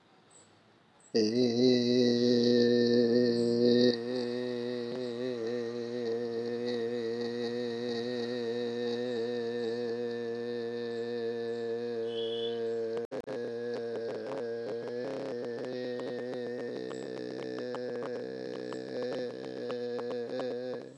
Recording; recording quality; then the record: sustained vowel as in made; excellent, no background noise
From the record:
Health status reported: healthy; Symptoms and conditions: none ticked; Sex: male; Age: 57 years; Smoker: not ticked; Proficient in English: yes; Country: India